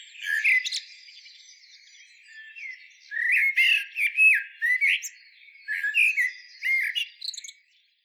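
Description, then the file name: Eurasian blackbird giving rounded, flute-like whistled notes in three phrases. "Turdus merula"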